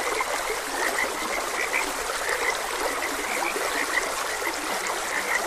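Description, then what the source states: Frog croaks in a loose chorus, short bright notes popping up every moment or so, beneath and within constant stream water noise. Frogs croaking beside a gentle stream.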